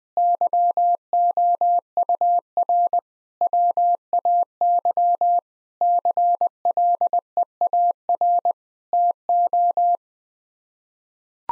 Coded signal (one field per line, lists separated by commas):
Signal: Morse code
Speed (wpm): 21 wpm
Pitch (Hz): 700 Hz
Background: none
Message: YOUR WAY CLEAR TO